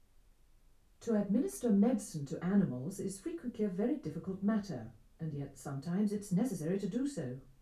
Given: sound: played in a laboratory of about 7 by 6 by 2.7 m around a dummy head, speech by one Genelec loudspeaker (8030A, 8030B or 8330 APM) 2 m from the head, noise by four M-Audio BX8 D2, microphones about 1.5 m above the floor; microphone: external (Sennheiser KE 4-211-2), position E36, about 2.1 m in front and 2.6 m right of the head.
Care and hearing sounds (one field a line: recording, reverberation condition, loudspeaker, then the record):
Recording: female speech in English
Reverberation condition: low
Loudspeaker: 90 degrees to the right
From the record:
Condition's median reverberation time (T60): about 310 ms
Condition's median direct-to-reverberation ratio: about 3.5 dB